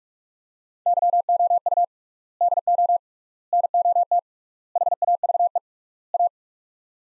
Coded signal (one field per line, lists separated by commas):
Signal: Morse code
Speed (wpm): 46 wpm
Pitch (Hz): 700 Hz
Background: none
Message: YOU DO NOT HAVE A